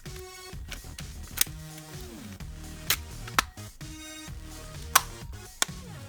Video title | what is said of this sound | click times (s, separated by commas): Bongkar Pasang Stick PS4 | sampai terdengar suara klik yang berarti sekat-sekat nya sudah menancap | 1.4 s, 2.9 s, 3.4 s, 5.0 s, 5.6 s